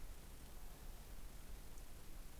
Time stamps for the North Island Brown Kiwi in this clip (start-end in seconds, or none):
none